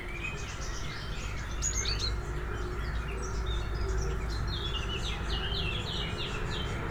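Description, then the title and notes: Birds chirping in quick, busy bursts of high notes over a strong low rumbling background. Birdsong at the Motz leisure base, Motz, France, with a train passing towards Seyssel. "922 Rte de L’Ia, 73310 Motz, France - oiseaux et grenouilles. Base de loisir de Motz chants d'oiseaux coassements de grenouilles"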